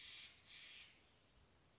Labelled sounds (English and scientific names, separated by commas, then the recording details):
Western Flycatcher (Empidonax difficilis)
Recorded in Sonoma County, California